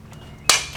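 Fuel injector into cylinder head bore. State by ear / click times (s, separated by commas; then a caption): seated / 0.5 s. The second common-rail diesel injector for a 2nd Gen 24-valve Cummins build, with its groove lined up and its orifice facing the feed tube, is pushed by hand into the bore of the metal cylinder head. After quiet handling, a single sharp, bright snap rings out at 0.5 s and fades quickly. The injector is seated in place.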